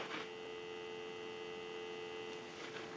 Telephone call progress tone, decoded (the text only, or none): dial tone